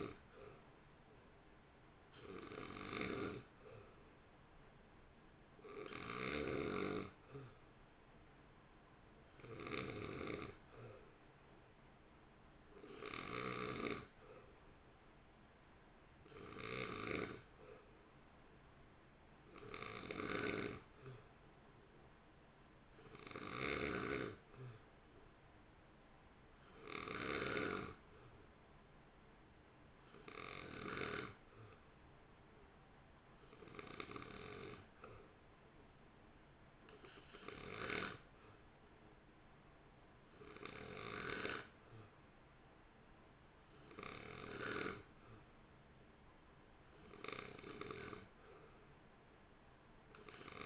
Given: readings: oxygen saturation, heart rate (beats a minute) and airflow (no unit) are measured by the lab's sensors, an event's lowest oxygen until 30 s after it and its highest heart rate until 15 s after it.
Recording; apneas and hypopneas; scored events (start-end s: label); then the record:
breathing in sleep by a voice recorder at the bedside; none
none scored
From the record:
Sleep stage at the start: N2 (light sleep); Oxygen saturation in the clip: 89 to 91%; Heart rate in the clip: 55 to 58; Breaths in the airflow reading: 16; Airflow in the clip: -1.4 to 1.3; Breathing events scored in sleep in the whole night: 328 in 6.3 hours asleep